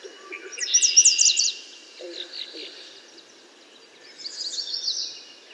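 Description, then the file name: American yellow warbler song: a loud, fast sweet phrase of high notes, then a second quieter phrase a few seconds later. "American Yellow Warbler Setophaga aestiva"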